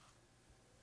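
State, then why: Not seated. A telescopic rescue pole section is being extended toward the next section of the pole, with faint low handling noise and light ticking. Nothing has seated or clicked into place yet.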